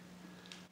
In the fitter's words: after that, push it. As you see, hear the click, just